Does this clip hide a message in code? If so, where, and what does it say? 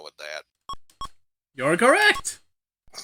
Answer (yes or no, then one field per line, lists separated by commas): no